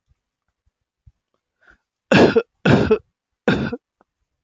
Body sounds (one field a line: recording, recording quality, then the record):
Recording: shallow voluntary cough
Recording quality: excellent, no background noise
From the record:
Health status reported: healthy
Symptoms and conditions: none ticked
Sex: male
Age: 25 years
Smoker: not ticked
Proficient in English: yes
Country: India